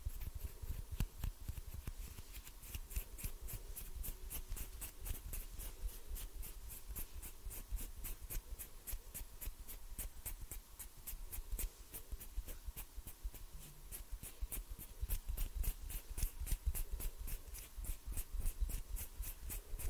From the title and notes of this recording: ASMR HAND SOUNDS NO TALKING, ASMR FINGER FLUTTERING, ASMR NO TALKING, ASMR HAND MOVEMENTS.